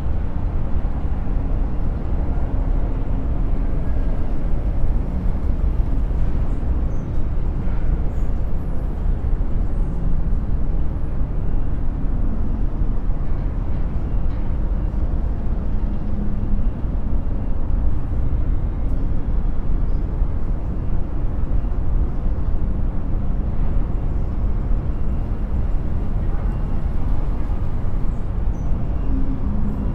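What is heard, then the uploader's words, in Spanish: A city soundscape: a thick, steady murmur of low rumbling noise, heavy in the bass and softer toward the top. It holds an even level for the whole stretch, with traffic-like drones and faint brief clicks and tones surfacing now and then. Paisaje Sonoro de la Ciudad | Sonidos desde el Horizonte con Ondas Binaurales Delta. Les invitamos a unirse a nosotros a 20 pisos sobre el bullicioso paisaje urbano. Un tapiz de sonidos que crean un reconfortante murmullo de ruido browniano.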